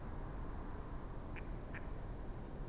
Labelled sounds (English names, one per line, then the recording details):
Mallard
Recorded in Germany
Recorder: ecoPi